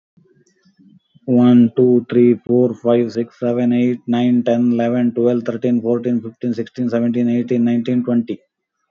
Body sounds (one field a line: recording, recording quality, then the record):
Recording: counting at a fast pace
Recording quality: excellent, no background noise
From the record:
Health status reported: COVID-19 positive, mild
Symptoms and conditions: cough, cold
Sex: male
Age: 47 years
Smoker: not ticked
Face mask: worn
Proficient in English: yes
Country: India